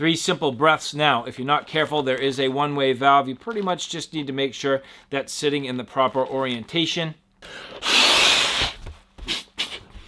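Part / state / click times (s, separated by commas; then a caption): one-way valve into an inflatable camping pillow / seated / 9.6 s. Someone talks, then a one-way valve is pushed into its proper orientation in the valve housing of an inflatable camping pillow, with a burst of rustling around 7.5–8.8 s. The valve pops into place with a sharp click at 9.6 s, seated and good to go.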